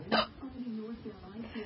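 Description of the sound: One sharp, abrupt hiccup interrupts an adult's soft speech, which then carries on at a low, even pitch.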